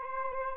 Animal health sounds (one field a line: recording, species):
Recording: mosquito wingbeat signal from an infrared sensor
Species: Aedes albopictus